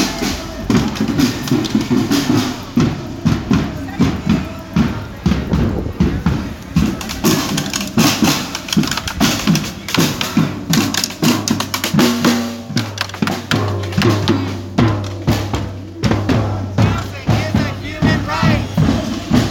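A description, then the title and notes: A protest: a dense crowd of voices mixed with constant sharp claps and thumps, the taps falling in quick, uneven bursts for the full twenty seconds. The sound is loud throughout, and a low steady drone joins in after about eleven seconds. A protest by the Acorn organisation on the theme of "Housing is a human right", Oxford, UK. Recorded by Cities and Memory.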